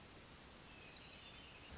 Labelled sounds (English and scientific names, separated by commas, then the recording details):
Orange-crowned Warbler (Leiothlypis celata)
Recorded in Sonoma County, California